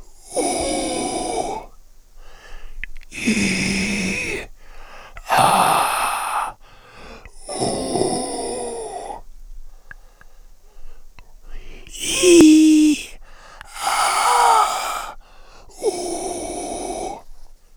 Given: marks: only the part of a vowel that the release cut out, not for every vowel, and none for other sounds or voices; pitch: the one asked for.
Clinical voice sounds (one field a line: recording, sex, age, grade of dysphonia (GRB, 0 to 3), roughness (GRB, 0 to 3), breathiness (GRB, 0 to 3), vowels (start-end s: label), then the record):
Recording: sustained vowels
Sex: male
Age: 60 to 69 years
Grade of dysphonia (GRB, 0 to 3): 3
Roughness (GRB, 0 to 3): 3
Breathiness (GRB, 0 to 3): 3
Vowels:
0.53-1.40 s: vowel /u/, high pitch
3.53-4.26 s: vowel /i/, low pitch
5.57-6.30 s: vowel /a/, low pitch
8.09-9.08 s: vowel /u/, low pitch
12.22-12.86 s: vowel /i/, low-high-low pitch
13.95-14.62 s: vowel /a/, low-high-low pitch
15.99-17.06 s: vowel /u/, low-high-low pitch
From the record:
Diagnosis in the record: frontolateral partial laryngectomy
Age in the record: 65 years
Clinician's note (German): Zustand danach, mit supraglottischer Kompensation, kleine Granulome an den Stimmlippen und supraglottal